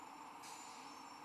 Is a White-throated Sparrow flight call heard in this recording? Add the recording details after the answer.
no. No flight call is heard. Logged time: 05:56 on 13 December 2014